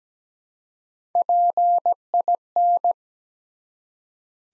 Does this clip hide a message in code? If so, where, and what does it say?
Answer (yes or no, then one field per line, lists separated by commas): yes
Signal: Morse code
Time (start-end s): 1.1-2.9 s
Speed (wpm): 17 wpm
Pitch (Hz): 700 Hz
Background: none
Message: PIN